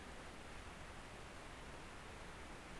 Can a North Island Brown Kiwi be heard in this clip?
no